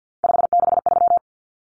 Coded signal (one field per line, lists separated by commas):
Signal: Morse code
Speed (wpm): 50 wpm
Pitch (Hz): 700 Hz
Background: none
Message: 563